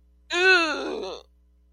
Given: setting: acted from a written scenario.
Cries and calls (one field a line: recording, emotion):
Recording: vocal sound without words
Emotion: disgust